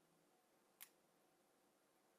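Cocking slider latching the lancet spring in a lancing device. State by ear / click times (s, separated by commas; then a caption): not seated / none. The cocking slider on the back of a lancing device is handled as it is pulled back to latch the lancet spring, with a single brief, sharp handling sound near 0.8 s over quiet background hiss. Nothing has seated or clicked yet; the clip ends just before the spring latches.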